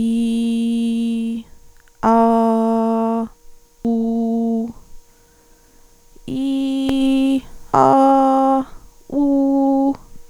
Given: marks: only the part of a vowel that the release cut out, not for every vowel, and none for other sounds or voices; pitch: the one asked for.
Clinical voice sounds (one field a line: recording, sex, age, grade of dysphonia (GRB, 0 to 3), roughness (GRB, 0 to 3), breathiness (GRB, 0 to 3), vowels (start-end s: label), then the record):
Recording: sustained vowels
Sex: female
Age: 30 to 39 years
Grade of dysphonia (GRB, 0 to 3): 1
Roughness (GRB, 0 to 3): 1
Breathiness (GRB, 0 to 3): 1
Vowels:
0.00-1.30 s: vowel /i/, normal pitch
2.10-3.18 s: vowel /a/, normal pitch
3.89-4.59 s: vowel /u/, normal pitch
6.36-6.88 s: vowel /i/, high pitch
7.93-8.55 s: vowel /a/, high pitch
9.18-9.87 s: vowel /u/, high pitch
From the record:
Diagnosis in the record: functional dysphonia, psychogenic dysphonia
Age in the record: 36 years